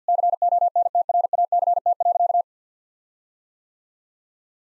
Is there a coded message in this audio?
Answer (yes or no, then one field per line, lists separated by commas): yes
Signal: Morse code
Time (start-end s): 0.1-2.4 s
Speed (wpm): 50 wpm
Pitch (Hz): 700 Hz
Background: none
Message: CONTRACT.